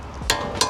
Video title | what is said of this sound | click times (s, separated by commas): I Installed Toyota Tundra Brakes on a 3rd Gen 4Runner! BIG UPGRADE! | There we go, there's the click. | 0.3 s, 0.6 s